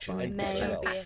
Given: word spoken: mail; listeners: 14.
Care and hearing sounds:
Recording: one English word in noise, from a listening test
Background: four-talker babble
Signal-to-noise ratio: -2.1 dB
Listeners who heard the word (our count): 0 of 14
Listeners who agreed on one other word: 6 of 14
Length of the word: 0.66 s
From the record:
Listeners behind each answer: 6, 4, 1, 1, 1, 1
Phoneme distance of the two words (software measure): 17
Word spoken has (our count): 1 syllable, 3 phonemes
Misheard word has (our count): 2 syllables, 4 phonemes, stress on syllable 1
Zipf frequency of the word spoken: 4.63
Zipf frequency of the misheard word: 5.61

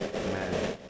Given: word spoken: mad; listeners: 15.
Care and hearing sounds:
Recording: one English word in noise, from a listening test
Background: noise modulated by three-talker babble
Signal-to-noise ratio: -4.3 dB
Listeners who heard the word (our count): 5 of 15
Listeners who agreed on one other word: 8 of 15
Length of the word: 0.50 s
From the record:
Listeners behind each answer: 8, 5, 1, 1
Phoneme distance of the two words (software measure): 10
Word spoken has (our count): 1 syllable, 3 phonemes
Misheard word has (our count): 1 syllable, 3 phonemes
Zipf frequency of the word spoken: 4.73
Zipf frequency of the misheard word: 5.86

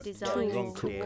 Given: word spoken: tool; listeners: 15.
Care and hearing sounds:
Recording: one English word in noise, from a listening test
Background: four-talker babble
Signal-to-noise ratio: -1.8 dB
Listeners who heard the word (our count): 4 of 15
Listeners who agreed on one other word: 6 of 15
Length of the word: 0.66 s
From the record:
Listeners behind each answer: 6, 4, 3, 1, 1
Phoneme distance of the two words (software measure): 44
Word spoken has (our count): 1 syllable, 3 phonemes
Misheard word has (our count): 2 syllables, 5 phonemes, stress on syllable 2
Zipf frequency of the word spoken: 4.07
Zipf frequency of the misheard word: 4.76

